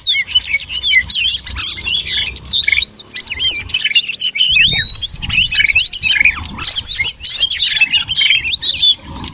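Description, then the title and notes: Birds chirping and twittering together, quick high slurred notes crowding each other in a lively chatter. Noisy bird chorus used as a lure (pikat) to attract birds. "Master Burung Ribut Durasi Panjang. Burung Ribut Pikat"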